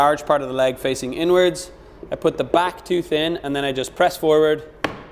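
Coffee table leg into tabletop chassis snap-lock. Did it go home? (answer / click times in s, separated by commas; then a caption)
yes / 4.8 s. Someone talks while setting the back tooth of a wooden HOEK Long coffee table leg into the socket of the tabletop chassis and pressing the leg forward. A sharp click at 4.8 s marks the snap-lock engaging, and the leg is seated.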